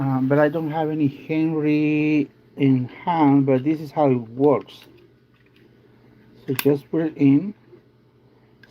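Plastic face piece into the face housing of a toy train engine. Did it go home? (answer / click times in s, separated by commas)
yes / 8.6 s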